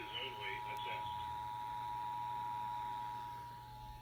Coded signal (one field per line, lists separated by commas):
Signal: Emergency Alert System (SAME) tones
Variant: 853 and 960 Hz attention tone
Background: speech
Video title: EAS Pennsylvania Required Monthly Test #5